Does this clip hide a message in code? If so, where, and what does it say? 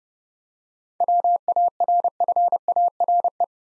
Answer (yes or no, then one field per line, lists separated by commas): yes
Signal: Morse code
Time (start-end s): 1.0-3.4 s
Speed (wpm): 30 wpm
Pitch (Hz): 700 Hz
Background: none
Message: WARFARE